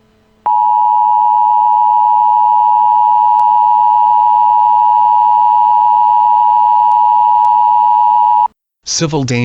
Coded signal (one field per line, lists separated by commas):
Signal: Emergency Alert System (SAME) tones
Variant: 853 and 960 Hz attention tone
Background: speech